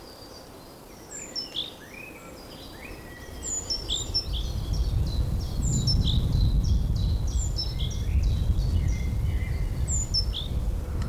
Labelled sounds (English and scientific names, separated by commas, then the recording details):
Great Tit (Parus major)
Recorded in the wild
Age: adult
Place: Mühlenbeck, am Tegeler Fließ, Brandenburg, DE
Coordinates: 52.6, 13.282
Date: 1992-04-11 14:25
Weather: heiter, 14°C, Wind
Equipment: Nagra SN, Mikrofon AKG CK 8, Kopie Tesla B 116
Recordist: Tembrock, Günter
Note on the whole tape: Teiche und Fließtal bei Mühlenbeck; etwas ungewöhnliche Rufreihen